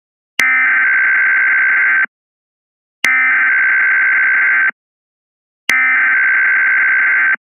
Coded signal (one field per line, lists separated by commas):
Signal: Emergency Alert System (SAME) tones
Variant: header bursts